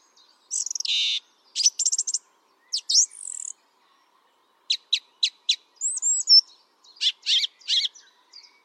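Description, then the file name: Song thrush singing loud, varied phrases, some notes repeated two or three times, with short pauses between phrases. "singdrossel"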